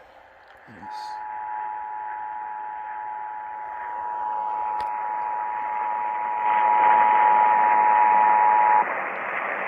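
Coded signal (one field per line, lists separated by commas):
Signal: Emergency Alert System (SAME) tones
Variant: 853 and 960 Hz attention tone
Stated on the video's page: Alerts received by long-distance AM DXing from distant AM stations.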